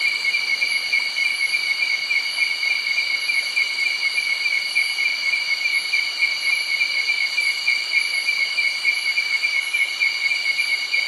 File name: insects cicada frogs birds creek close by early night doi suthep national park thailand